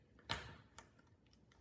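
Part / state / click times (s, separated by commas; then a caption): coin-cell battery retainer clip in an analogue watch movement / seated / 0.3 s. After a new coin cell is placed in a sports watch spy camera's analogue watch movement, the metal retaining clip over the battery is moved back and pressed down. It snaps in with one sharp click at 0.3 s, followed by fainter ticks of the watch movement underneath. The retainer is seated back in place.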